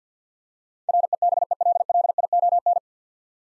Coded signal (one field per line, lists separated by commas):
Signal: Morse code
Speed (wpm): 46 wpm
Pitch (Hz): 700 Hz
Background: none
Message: REBELLION